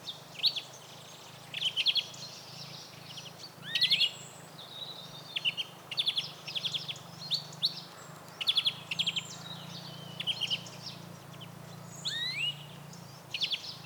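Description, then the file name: European greenfinch twittering steadily, mixing short rattled trills with rising whistled notes and chirps, with a low steady hum underneath throughout. "Chloris chloris"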